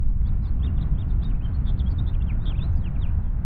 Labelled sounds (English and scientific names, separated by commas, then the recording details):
House Finch (Haemorhous mexicanus) song
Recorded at Wantagh on Long Island, New York, on 21 May 1975
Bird G